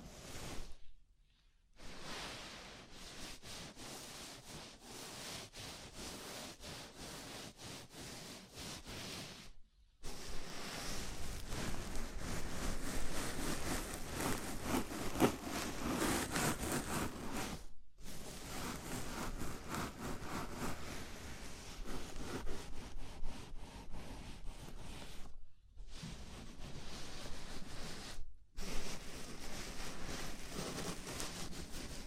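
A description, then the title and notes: A scalp massage: fingers rubbing through hair give a dense, steady rustling and scratching that fills the whole range from low to bright. The rubbing breaks off in short silent pauses near 1, 10, 18, 25 and 28 seconds. It gets louder and fuller after the ten-second mark. ASMR Sleepy Scalp Massage (No Talking).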